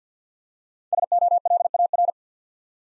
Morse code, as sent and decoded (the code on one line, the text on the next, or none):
... --- .-.. .- .-.
SOLAR